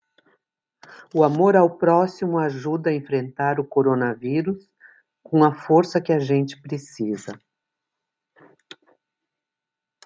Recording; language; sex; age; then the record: spoken sentence; Brazilian Portuguese; female; 60 to 69 years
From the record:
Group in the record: control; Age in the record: 66 years